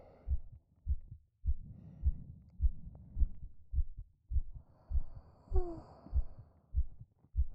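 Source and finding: Heart, close to the chest. Normal heartbeat.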